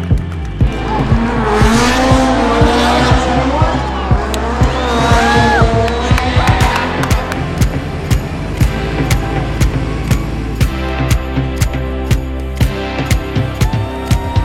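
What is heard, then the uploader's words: Walking around the race pits, voices chatter over a steady low engine rumble and mechanical hum. In the first seven seconds crowd talk is busy and overlapping, then thins out. Sharp regular clicks or taps repeat about once a second throughout. Walking around the pits and watching the races at Global Rallycross Championship Seattle's Day 1 competition.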